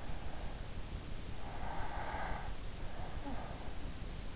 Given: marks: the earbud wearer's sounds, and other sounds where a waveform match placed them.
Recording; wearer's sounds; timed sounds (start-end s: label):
sounds in sleep by an in-ear microphone; breath
1.68-3.45 s: breath